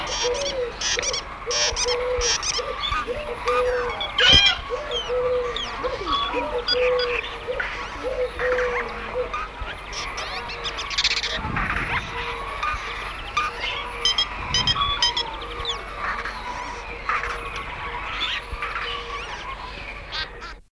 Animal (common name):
Green Jay